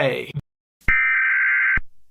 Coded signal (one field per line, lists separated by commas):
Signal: Emergency Alert System (SAME) tones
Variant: header bursts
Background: speech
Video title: EAS ￼ scenario: Baryonix (not real)